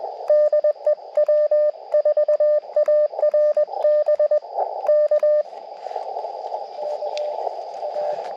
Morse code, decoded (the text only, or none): DE W4ARB K K A